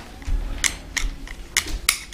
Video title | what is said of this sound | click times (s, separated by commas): Gopro defekt? Lumis Kuscheldecke, nächster Straßenfund Deckenlampe neu lackiert # 625 Tommys Vlog´s | Da rastet er ein. | 1.9 s